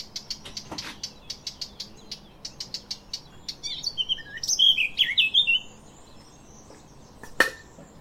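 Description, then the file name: Eurasian blackcap song: a run of short high ticking notes, then a brief rich warbled phrase of rapid notes, ending with one sharp isolated click. "Sylvia atricapilla"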